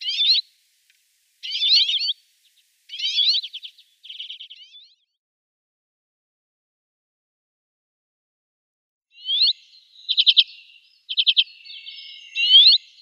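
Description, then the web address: Common Redpoll calling: short, buzzy chattering bursts mixed with thin rising whistled notes, a pause of several seconds, then more trills and upslurred calls, with nothing else audible. "Schulze Peter Common Redpoll calls"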